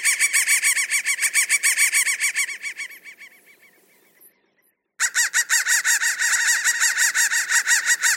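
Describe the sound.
Rapid, loud, grating crow caws repeat about three times a second. They fade into a brief silence, then resume abruptly at full strength.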